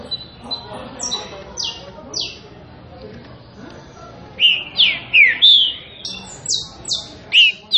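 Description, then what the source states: Green-winged saltator giving a run of strong, rising and falling whistled phrases in the second half, after several high, thin downslurred notes. Classic song style (canto clássico); for training birds to sing.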